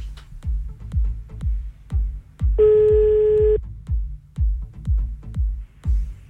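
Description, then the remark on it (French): A telephone call being placed, the second call of the evening: one steady electronic beep lasting about a second sounds once over a regular, low thumping beat that pulses throughout, with no voices. “Allez hop, on y va, on appelle.”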